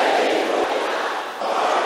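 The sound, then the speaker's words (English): A crowd of men at a Christian prayer meeting shouts a prayer together loudly, a dense roar of many voices sustained for the full two seconds with a brief dip near the end before surging again. “Let me hear the brothers shouting it loud and clear.”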